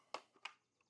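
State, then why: Not seated. A 5 Ah EGO 56V lithium battery pack is being slid into the plastic battery bay of an EGO cordless power head. Two short, sharp handling knocks are heard at about 0.1 s and 0.5 s, followed by faint rustling. Nothing has seated or clicked yet.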